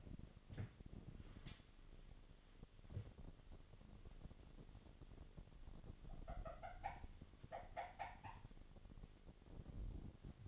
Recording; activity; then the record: daily activity, microphone in the room; wipe stove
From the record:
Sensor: 4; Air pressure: 1007.8 hPa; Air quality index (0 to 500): 197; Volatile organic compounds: 7 ppm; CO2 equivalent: 1970 ppm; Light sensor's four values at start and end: 22/71/27/26 and 22/70/27/26